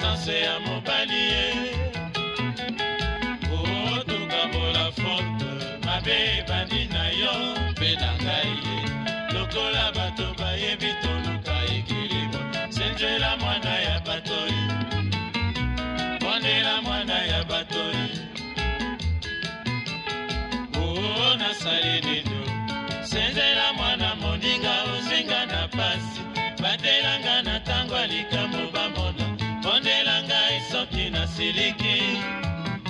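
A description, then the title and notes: Congolese rumba plays throughout, a dense mix of deep bass, busy bright guitar lines and a constant rhythmic pulse at even loudness. A 56 minute radio show broadcast in Bristol UK.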